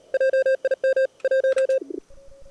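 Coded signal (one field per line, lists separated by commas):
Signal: Morse code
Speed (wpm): 40 wpm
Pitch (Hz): 530 Hz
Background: none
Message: JIM 1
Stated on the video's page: CW Operators Club weekly CWT mini contest on 80, 40 and 20 m, single-op high power, operated at slow (QRS) and fast (QRQ) speeds.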